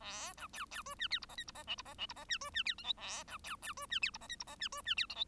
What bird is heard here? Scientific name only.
Lonchura striata domestica